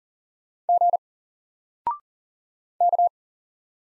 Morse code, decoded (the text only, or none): G K